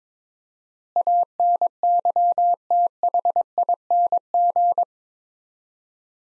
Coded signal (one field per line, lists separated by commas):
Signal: Morse code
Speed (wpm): 21 wpm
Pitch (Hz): 700 Hz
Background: none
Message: ANYTHING